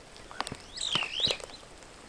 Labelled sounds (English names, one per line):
Superb Starling flight call